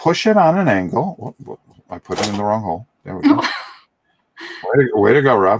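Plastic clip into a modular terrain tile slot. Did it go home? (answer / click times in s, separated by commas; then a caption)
no / none. A plastic clip connector for modular tabletop dungeon terrain tiles is handled at an angle near a tile's slot while someone talks throughout. Nothing has seated or clicked yet.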